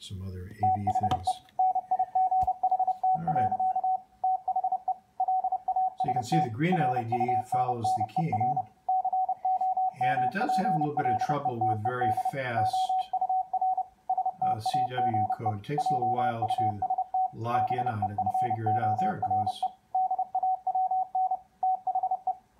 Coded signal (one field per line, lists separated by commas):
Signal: Morse code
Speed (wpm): 30 wpm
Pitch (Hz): 750 Hz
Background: speech, radio noise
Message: THE NIGHT. THE LAST RUNNER COMPLETED OUR STAGE JUST BEFORE DAWN THE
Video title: WD9DMP's build of the K3NG CW Keyer and Decoder